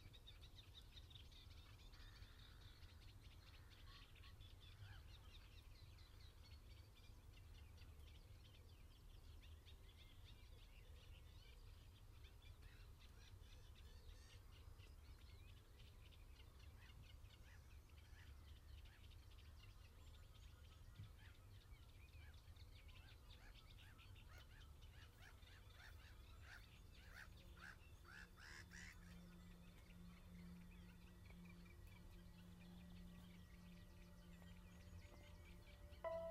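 Faint countryside birdsong at dawn over a steady low rumble, with a brief louder burst of chirps near the end and hum.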